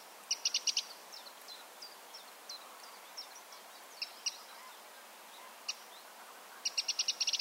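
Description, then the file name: Eurasian wren calling with dry, clicking tick notes, a rapid burst of about five near the start and another quick rattling series at the end, with scattered softer ticks between. "Troglodytes troglodytes"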